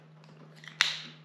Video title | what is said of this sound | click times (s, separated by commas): NALA CAM 2.0 😻 and van update 🚐 | das ist es hier, ja, nur diese winzige Kamera da , die hier so einrastet, und dann | 0.8 s